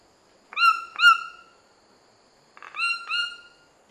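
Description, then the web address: White-throated toucan yelping calls: two pairs of loud, harmonic, slightly falling yelps, with short clicking sounds at their starts. Two birds calling in a duet with bill claps, eastern lowlands of South America. "Natures Songs S America Eastern Lowlands. Ramphastos tucanus, duet and bill claps"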